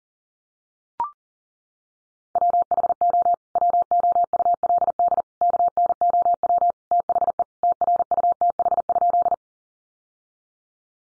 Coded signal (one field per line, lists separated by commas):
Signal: Morse code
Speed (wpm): 40 wpm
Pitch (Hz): 700 Hz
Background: none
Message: WHO WOULD KNOW THE TRUTH?